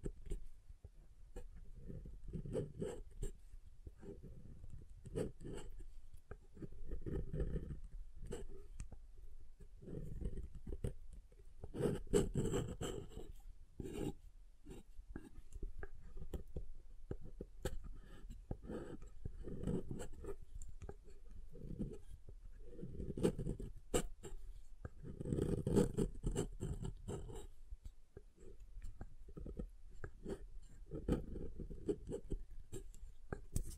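Soap is tapped and carved in a steady run of soft, low thuds, each a short muffled knock, coming roughly every second or two. Sharper scraping and crisp clicks cut in now and then, mostly around twelve seconds and twenty-five seconds.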